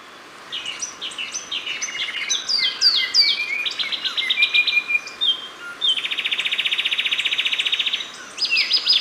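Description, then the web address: Sepia-brown wren song of varied quick whistled notes and slurs, running into a long even buzzy trill, then a short bright phrase at the end. Recorded in Ecuador. "Natures Songs S America Birds of Ecuador Sepia-brown Wren"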